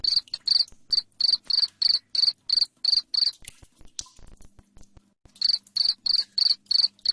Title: Suara JANGKRIK NGERIK Keras Bikin LOVEBIRD Jadi NGEKEK Terus Vubey